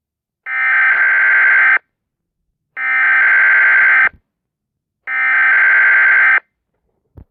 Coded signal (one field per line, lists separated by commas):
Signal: Emergency Alert System (SAME) tones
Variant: header bursts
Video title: 2030 zombie at eas scenario